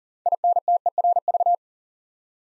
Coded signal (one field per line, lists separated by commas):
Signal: Morse code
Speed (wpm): 42 wpm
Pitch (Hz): 700 Hz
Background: none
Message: INTERV